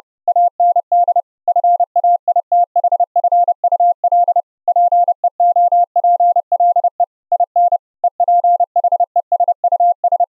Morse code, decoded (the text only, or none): AND FAITHFUL PEOPLE IN EPHESUS